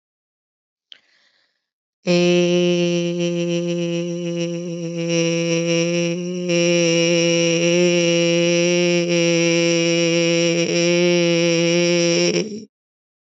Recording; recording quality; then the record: sustained vowel as in made; excellent, no background noise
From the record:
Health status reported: healthy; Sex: female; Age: 55 years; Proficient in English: yes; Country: India